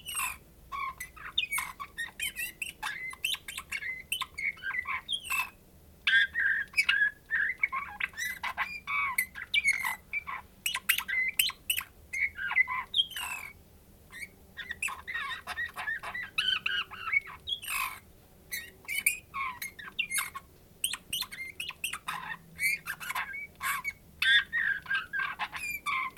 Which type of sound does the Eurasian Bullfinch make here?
song